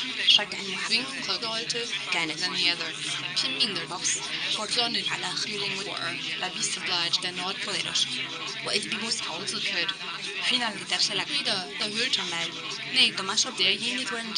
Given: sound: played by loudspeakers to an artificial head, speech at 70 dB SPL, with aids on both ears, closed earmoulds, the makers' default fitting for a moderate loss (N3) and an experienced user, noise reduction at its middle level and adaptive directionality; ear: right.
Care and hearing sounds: speech test signal (ISTS) in cocktail-party noise; 0 dB; on the right (90 degrees)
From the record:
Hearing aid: class 2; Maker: A

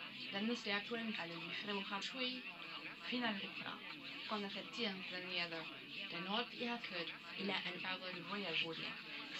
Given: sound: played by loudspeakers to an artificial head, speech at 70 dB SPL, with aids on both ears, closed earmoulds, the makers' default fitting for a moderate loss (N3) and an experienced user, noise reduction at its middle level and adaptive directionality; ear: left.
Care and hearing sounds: speech test signal (ISTS) in cocktail-party noise; +9 dB; on the right (90 degrees)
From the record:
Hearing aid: class 1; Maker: D

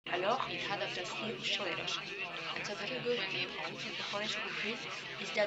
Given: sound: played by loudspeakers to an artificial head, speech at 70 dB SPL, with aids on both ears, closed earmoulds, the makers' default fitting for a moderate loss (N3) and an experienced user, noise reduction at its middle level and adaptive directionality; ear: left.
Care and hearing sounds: speech test signal (ISTS) in cocktail-party noise; 0 dB; in front (0 degrees)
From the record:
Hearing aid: class 1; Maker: F

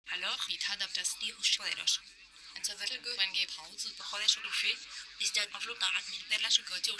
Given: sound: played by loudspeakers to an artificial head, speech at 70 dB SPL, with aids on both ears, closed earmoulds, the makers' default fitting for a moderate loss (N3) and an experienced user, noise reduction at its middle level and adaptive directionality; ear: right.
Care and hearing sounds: speech test signal (ISTS) in cocktail-party noise; +9 dB; on the right (90 degrees)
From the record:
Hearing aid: class 2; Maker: H

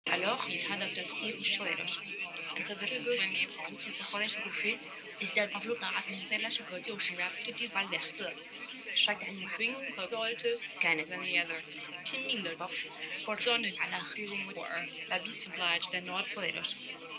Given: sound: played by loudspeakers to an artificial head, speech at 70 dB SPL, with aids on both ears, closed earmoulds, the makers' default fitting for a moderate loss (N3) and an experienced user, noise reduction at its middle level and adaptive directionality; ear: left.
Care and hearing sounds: speech test signal (ISTS) in cocktail-party noise; 0 dB; in front (0 degrees)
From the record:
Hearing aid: class 2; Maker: I

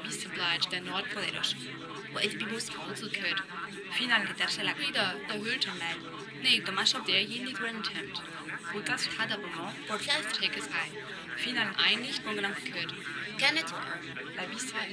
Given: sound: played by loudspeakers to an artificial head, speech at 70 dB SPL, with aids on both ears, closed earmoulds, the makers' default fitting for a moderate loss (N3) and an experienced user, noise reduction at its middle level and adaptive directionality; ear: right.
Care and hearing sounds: speech test signal (ISTS) in cocktail-party noise; -3 dB; on the right (90 degrees)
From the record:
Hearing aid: class 1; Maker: E

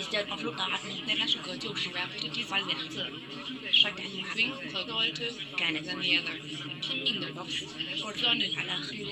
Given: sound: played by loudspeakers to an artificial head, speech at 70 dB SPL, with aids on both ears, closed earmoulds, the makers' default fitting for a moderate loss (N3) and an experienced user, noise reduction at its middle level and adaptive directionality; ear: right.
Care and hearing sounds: speech test signal (ISTS) in cocktail-party noise; -3 dB; on the right (90 degrees)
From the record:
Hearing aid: class 1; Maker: C

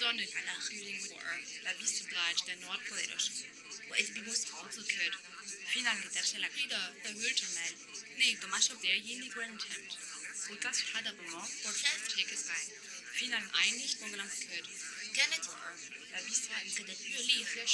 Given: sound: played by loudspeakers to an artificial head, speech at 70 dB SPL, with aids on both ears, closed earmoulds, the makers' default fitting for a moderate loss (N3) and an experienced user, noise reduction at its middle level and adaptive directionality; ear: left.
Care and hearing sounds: speech test signal (ISTS) in cocktail-party noise; -3 dB; in front (0 degrees)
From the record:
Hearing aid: class 1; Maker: J

